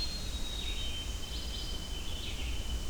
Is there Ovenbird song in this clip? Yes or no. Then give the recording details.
no. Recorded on 25 June 2016 at 05:10. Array SBT-6-76